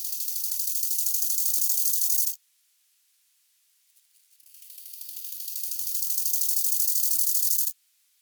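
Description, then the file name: Bow-winged grasshopper song: a high, hissing buzz of rapid pulses swelling in loudness for over two seconds, a pause, then a longer swelling burst. "nachtigallgrashüpfer"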